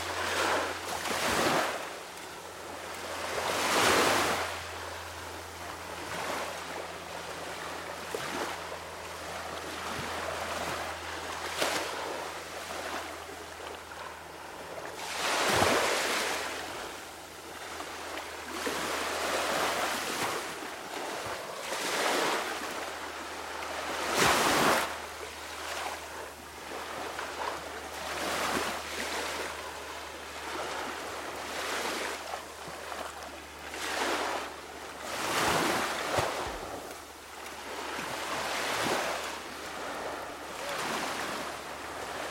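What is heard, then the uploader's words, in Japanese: Waves wash onto a sandy beach, with a steady hiss of surf broken by louder breaking crests every few seconds, strongest near 4, 15 and 24 seconds. A constant low hum runs underneath, and light wind rushes past the microphone. 砂浜の波。ほぼバイノーラルの詳細なビーチの波の音。これらの波は左右に優雅に揺れ。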